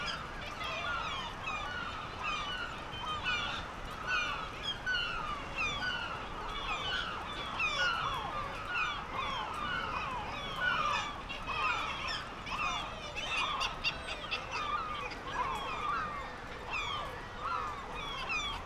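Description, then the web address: Black-legged kittiwake calls, a busy chorus of harsh downslurred cries from many birds calling over one another. "Black legged kittiwake. دانلود-صدای-پرنده-کاکایی-پاسیاه"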